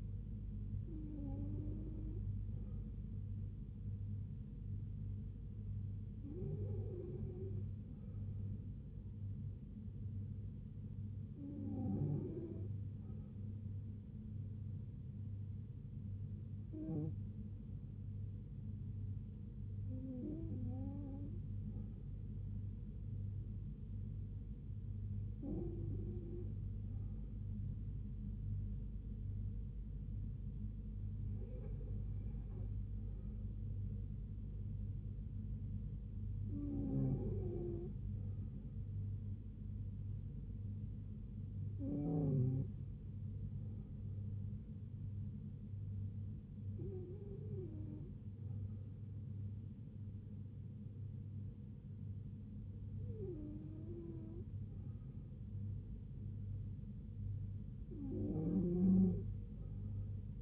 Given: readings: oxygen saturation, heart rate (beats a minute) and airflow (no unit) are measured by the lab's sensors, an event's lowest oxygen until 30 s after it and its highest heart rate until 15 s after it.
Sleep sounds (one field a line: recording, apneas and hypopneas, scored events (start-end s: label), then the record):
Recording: breathing in sleep by a smartphone at the bedside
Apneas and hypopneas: none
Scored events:
none scored
From the record:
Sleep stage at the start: N2 (light sleep)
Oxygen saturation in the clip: 93 to 94%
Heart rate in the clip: 69 to 78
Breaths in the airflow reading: 12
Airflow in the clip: -3.4 to 2.5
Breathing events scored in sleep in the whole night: 158 in 7.3 hours asleep